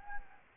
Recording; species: mosquito wingbeat signal from an infrared sensor; Anopheles gambiae